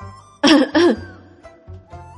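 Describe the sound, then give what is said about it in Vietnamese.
Two quick, harsh coughs in a row, loud and raspy, as a man chokes on his food while eating a meal, followed by a low steady hum. “Bạch Ngọc Đường không đề phòng sặc thức ăn, ho khụ khụ nhìn Tiểu Tứ Tử.”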